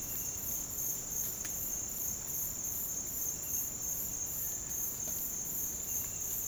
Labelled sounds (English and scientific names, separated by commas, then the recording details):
Cinereous Tinamou (Crypturellus cinereus)
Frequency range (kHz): Cinereous Tinamou (Crypturellus cinereus) 1.2-2.3 kHz
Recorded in dense forest near Puerto Asís, Putumayo, Colombia, on 30 June 2025 at 07:30
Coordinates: 0.503, -76.323
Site G059